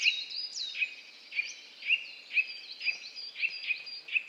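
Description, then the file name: Eurasian nuthatch giving a steady series of sharp piping calls roughly every half second. "Sitta europaea"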